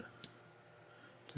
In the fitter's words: it captured it is captured